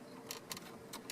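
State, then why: Not seated. Small plastic wiring connectors at the top of a Ford SYNC 3 infotainment head unit, part of a 4" to 8" factory upgrade conversion for a 2018+ Ford F150 or 2020+ F250/F350/F450, are handled with their clips facing away before being pushed in. Short, sharp ticks are heard at about 0.3, 0.5, 0.6 and 1.1 seconds over a low, steady background. Nothing has seated or clicked home yet.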